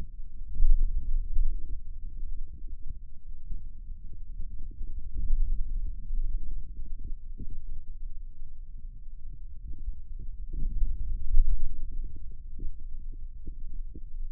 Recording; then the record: forearm muscle sounds (acoustic myography)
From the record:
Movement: hand opening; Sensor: system 2, bracelet of six BSWA MPA416 microphones around the upper forearm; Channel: 4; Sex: male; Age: 22 years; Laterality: right